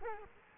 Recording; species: mosquito wingbeat signal from an infrared sensor; Culex quinquefasciatus